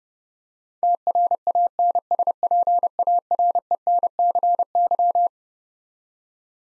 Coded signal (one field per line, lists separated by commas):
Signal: Morse code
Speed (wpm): 30 wpm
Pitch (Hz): 700 Hz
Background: none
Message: TRANSPARENCY